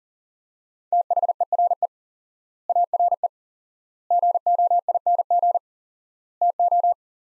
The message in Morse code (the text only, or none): THERE ARE GOING TO